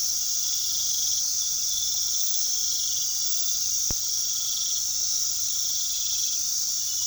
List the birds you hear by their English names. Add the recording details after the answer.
none. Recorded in pastures near Puerto Asís, Putumayo, Colombia, on 19 February 2024 at 22:30. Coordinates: 0.468, -76.328. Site G6414